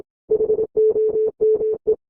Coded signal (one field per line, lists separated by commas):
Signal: Morse code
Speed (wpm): 24 wpm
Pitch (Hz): 430 Hz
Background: none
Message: HOME